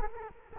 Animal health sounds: mosquito wingbeat signal from an infrared sensor; Culex quinquefasciatus

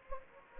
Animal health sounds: mosquito wingbeat signal from an infrared sensor; Anopheles gambiae

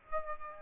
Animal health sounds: mosquito wingbeat signal from an infrared sensor; Aedes aegypti

